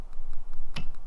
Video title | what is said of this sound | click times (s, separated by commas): .4Runner Wiper Blade Install - 2010+ - 5th Gen | we hear that click then | 0.8 s